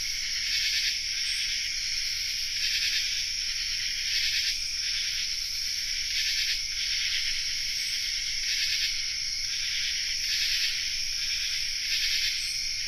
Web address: Songs of Insects -Common True Katydid chorus